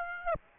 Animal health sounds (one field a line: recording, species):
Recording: mosquito wingbeat signal from an infrared sensor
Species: Aedes aegypti